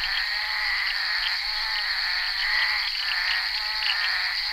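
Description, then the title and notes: Short stretch of bullfrog chorus, overlapping grating croaks over an unbroken high-pitched drone. Recorded on the set of the film Bal poussière by Henri Duparc, February 1988. "crapaux buffle. enregistré sur le tournage Bal poussière dhenri duparc en février 1988"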